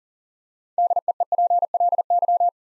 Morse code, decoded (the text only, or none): DEEPLY